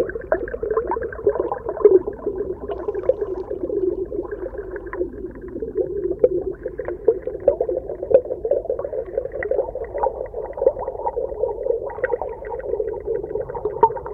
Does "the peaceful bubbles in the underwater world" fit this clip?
yes